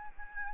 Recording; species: mosquito wingbeat signal from an infrared sensor; Aedes albopictus